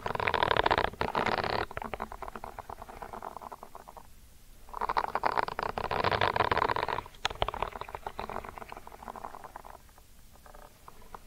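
Ear cleaning sounds come as dense crackly rubbing and scratching, swelling in two louder bursts around the start and again from about five to seven seconds. Between them the scraping thins to quieter, choppier rustles, with a few sharp clicks scattered throughout.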